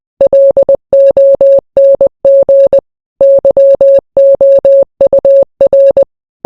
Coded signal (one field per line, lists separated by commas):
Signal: Morse code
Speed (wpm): 20 wpm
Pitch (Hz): 550 Hz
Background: none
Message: LONG YOUR